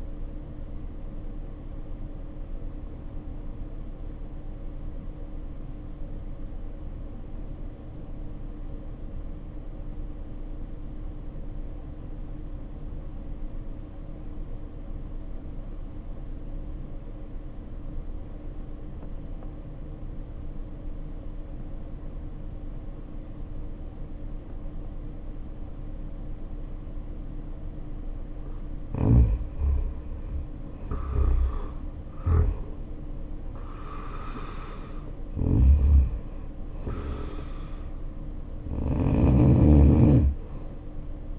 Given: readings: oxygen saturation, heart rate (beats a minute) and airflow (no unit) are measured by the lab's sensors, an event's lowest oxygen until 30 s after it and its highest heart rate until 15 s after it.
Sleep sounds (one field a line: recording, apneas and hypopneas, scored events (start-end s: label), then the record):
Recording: breathing in sleep by a smartphone at the bedside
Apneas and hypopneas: 1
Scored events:
3.00-28.40 s: obstructive apnea (N1, oxygen 93% highest, then 74% lowest, heart rate 53 at the start, 76 highest)
5.00-35.00 s: new sleep stage, N2 (light sleep)
35.00-41.39 s: new sleep stage, N1 (lightest sleep)
From the record:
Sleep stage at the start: N1 (lightest sleep)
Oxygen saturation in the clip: 76 to 93%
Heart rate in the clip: 51 to 76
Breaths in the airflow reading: 4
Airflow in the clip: -8.1 to 8.6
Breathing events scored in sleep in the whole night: 520 in 7.2 hours asleep